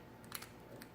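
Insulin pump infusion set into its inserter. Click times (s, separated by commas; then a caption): 0.4 s. A plastic insulin pump infusion set is placed into its plastic inserter and pushed until it gives a small, sharp click at 0.4 s, seating it. Softer plastic taps come at about 0.2 s, just after the click, and a brief tick near 0.8 s over a low, steady background hum.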